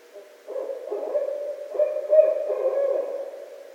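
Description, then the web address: Barred owl hooting, a long run of low hoot notes with an uneven rhythm, fairly even in pitch, over a quiet background. Recorded 24 December 2011. "birds Barred Owl 2011 12 24 Barred Owl"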